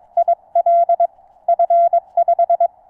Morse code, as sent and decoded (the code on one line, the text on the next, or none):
.. .-.. / ..-. .....
IL F5